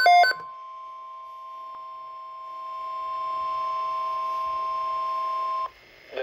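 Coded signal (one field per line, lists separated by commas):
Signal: Emergency Alert System (SAME) tones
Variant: 1050 Hz attention tone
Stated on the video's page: Weather radio alert, tornado watch.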